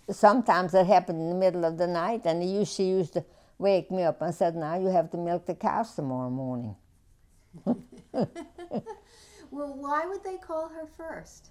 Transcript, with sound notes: Sometimes it happened in the middle of the night, and she used to wake me up, and said, "Now you have to milk the cows tomorrow morning." (she laughs)
Well, why would they call her first?